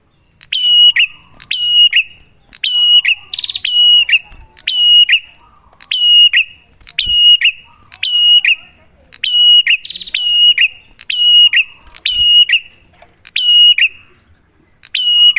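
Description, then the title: Prinia delivering steady repeated phrases, each a sharp tick, a thin sustained whistle and a buzzy fall, about a second apart throughout. Duet of Cililin vs Kapas Tembak, a master (masteran) lure recording for prenjak; bird singing actively (gacor) with a clear voice. "Masteran Duet Cililin Vs Kapas Tembak. Pancingan Prenjak Gacor Suara Jernih"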